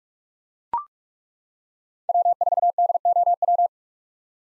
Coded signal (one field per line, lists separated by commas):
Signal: Morse code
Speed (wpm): 42 wpm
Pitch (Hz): 700 Hz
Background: none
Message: W4DOW